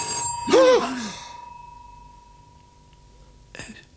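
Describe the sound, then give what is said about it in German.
A bell rings out in a loud, bright burst with a buzzy metallic tone that trails off slowly, followed by a shorter second ring near the end. No one speaks. “Es klingelt.”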